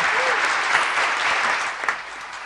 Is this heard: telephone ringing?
no